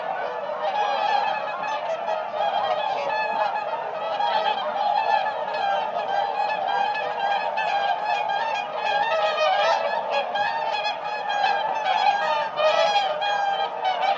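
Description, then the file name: Whooper swans calling continuously, many trumpeting honks overlapping in a busy chorus, with frequent sharper bugled notes rising above the mass. "audio hero Bird Whooper Swan"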